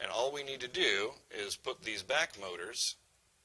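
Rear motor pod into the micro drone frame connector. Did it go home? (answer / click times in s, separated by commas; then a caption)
no / none. A man talks while handling a plastic back motor pod of a Blade Inductrix Switch micro drone/hovercraft, about to push it into its connector mount on the frame. Only speech is heard over faint room noise. Nothing has seated or clicked yet.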